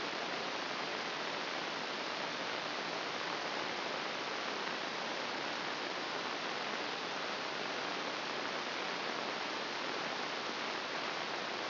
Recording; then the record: brain microelectrode recording played as sound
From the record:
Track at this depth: outside the subthalamic nucleus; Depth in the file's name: 0.942 mm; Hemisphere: left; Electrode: 3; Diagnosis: Parkinson's disease